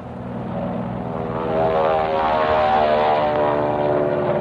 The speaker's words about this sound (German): Am späten Nachmittag kommen Flugzeuge. Spitfire und Mustangs.